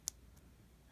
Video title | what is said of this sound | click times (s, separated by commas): Convert Standard Power Supply to work with HP Elite 8000, 8100, 8200, 8300 | will stick you hear a click as well and will be tight see | 0.1 s